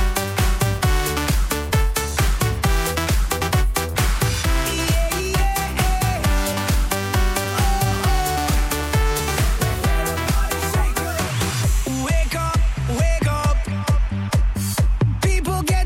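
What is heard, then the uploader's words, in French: A Friday evening at the St Savin bowling alley, filled with loud, steady music driven by a regular thumping beat and deep bass pulses. Dense layered melody runs throughout, and after about twelve seconds the top thins out, leaving sharper, punchier hits. Voici une soirée de vendredi vraiment sympa au bowling st savin.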